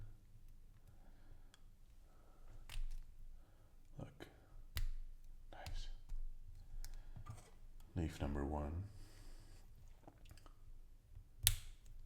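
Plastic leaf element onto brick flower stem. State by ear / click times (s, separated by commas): seated / 11.5 s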